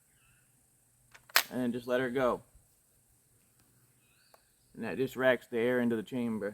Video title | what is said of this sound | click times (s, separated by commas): TESTING MY UMAREX AIR JAVEELIN CO2 ARROW GUN | Just pull this back to hear it click | 1.4 s